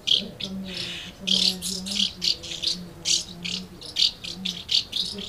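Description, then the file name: Swallows twittering in quick, high chirps repeated several times a second, over a low hum. Several swallows recorded at Amblagnieu on 2 July 2017 with an MZ-N 710 recorder. "MZ-N 710 Hirondelles Amblagnieu 2 07 17"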